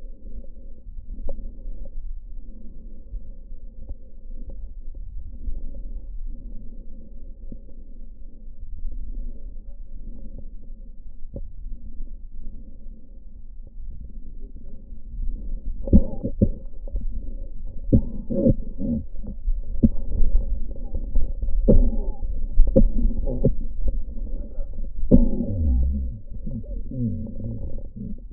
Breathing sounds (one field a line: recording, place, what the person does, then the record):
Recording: lung sounds by stethoscope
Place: left posterior basal chest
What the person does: quiet breathing, then cough and speech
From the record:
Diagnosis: pulmonary infection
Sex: male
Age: 69 years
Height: 184 cm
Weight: 115 kg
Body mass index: 34.0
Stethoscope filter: diaphragm mode